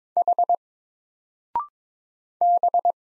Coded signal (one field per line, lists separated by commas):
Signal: Morse code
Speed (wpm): 22 wpm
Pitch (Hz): 700 Hz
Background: none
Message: H B